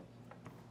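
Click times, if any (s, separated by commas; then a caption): 0.3 s, 0.5 s. A Leer hard tri-fold tonneau cover is unfolded and lowered onto the bed rails of a 2021 Chevrolet Colorado, and its latches catch on the truck bed rail brackets with two short clicks at 0.3 s and 0.5 s. The cover latches on only one side: on the passenger side it sits too far over and hits a bracket, so it cannot go fully down.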